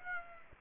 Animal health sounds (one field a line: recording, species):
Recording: mosquito wingbeat signal from an infrared sensor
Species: Aedes aegypti